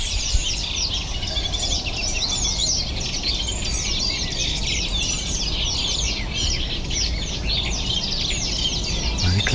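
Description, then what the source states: Eurasian reed warbler song: a steady stream of harsh, jerky chattering notes repeated in quick groups, over constant low rumbling noise. Dominant singer in a large reed marsh in the morning; reed warblers can be heard almost all night at this time of year; important host species for the cuckoo.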